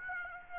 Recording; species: mosquito wingbeat signal from an infrared sensor; Aedes aegypti